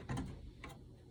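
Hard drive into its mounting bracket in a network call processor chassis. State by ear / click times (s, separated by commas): not seated / none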